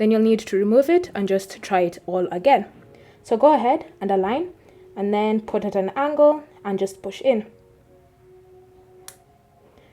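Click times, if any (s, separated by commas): 9.1 s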